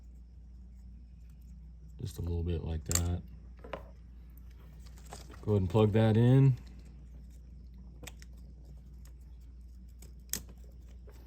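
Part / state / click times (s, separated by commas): wiring harness connector onto ignition coil / seated / 10.3 s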